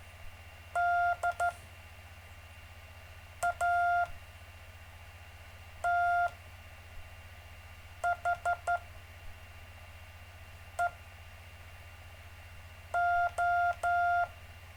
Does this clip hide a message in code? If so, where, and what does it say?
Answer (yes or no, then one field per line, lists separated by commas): yes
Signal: Morse code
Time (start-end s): 0.8-14.2 s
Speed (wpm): 13 wpm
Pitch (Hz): 700 Hz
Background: none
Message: DATHEO